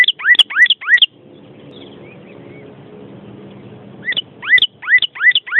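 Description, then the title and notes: Bird song: quick bursts of hooked, slurred whistles, each rising then dipping, in two clusters separated by about three seconds of low hiss. "Bird Sound. Kicau Burung Lengkap"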